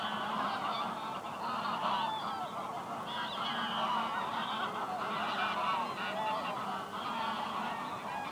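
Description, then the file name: Goose: geese in full chorus, overlapping nasal honks and chatter running continuously, the volume rising and falling gently. Geese resting on the ice at the Hondenhemeltje in Venhuizen. "Ganzen rusten op het ijs bij het hondenhemeltje in venhuizen - De Auditieve Dienst"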